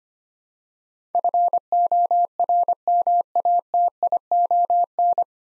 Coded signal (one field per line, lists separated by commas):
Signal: Morse code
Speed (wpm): 25 wpm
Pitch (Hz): 700 Hz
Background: none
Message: FORMATION